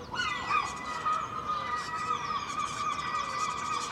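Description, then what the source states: Gull calls, clear nasal notes with harmonics repeated in an uneven series, over a background of chirping from other birds. Early morning, Filey, April 2023, recorded from a second-storey window with Clippy microphones and a Roland R-07; gulls make many different, very loud sounds; many other birds.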